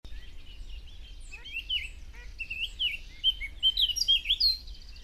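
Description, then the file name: Eurasian blackcap: a soft, scratchy warbling that builds into clearer, higher slurred notes during the last two seconds, over low background noise. "Sylvia atricapilla"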